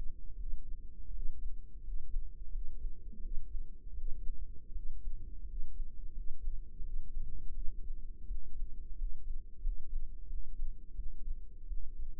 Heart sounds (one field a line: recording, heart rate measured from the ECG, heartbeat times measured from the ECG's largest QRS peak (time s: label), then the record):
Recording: heart sounds by microphone in the right ear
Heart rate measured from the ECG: 85 bpm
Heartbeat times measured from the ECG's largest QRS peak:
0.34 s: heartbeat
1.09 s: heartbeat
1.80 s: heartbeat
2.48 s: heartbeat
3.17 s: heartbeat
3.92 s: heartbeat
4.70 s: heartbeat
5.43 s: heartbeat
6.10 s: heartbeat
6.79 s: heartbeat
7.52 s: heartbeat
8.25 s: heartbeat
8.93 s: heartbeat
9.59 s: heartbeat
10.25 s: heartbeat
10.93 s: heartbeat
11.65 s: heartbeat
From the record:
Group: healthy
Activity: cold pressor test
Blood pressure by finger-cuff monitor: 119/83 mmHg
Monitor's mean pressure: 95 mmHg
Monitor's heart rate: 87 bpm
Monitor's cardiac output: 6.5 L/min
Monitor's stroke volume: 76 mL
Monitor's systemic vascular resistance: 1080 dyn s/cm5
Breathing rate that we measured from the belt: 17 breaths a minute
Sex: male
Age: 21 years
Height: 180 cm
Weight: 67.5 kg